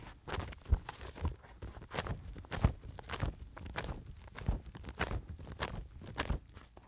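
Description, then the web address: Bird wing flaps: many heavy, uneven flapping beats with low thumps underneath. Strong wing flapping. "en soundpool sounds natur-tiere voegel"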